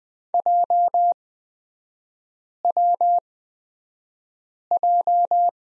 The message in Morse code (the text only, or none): JWJ